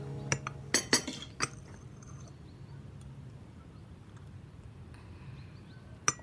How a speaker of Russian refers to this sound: Илюша льет чай из чашки в блюдце. Матушка всегда из блюда спила.